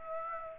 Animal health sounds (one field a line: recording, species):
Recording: mosquito wingbeat signal from an infrared sensor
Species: Aedes aegypti